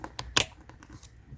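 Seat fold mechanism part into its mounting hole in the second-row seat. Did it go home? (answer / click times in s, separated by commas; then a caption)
yes / 0.4 s. A seat fold mechanism part on a Lexus GX470 SUV second-row seat that would not fold is lined up with the groove in its mounting hole and snapped back in. A few light clicks lead up to a sharp, loud snap at 0.4 s, followed by a fainter tick near 1.0 s. The part is seated.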